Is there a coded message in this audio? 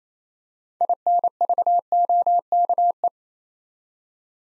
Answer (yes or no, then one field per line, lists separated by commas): yes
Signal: Morse code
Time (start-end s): 0.8-3.1 s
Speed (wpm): 27 wpm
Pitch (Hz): 700 Hz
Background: none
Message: INVOKE